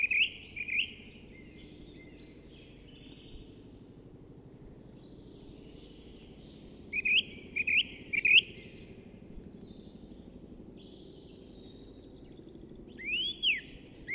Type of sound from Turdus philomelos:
song